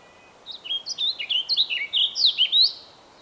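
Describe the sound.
Bird song: a single short phrase of lively, high whistled notes that jump between pitches, finishing with a rising whistle.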